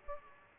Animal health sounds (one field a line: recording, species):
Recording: mosquito wingbeat signal from an infrared sensor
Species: Aedes aegypti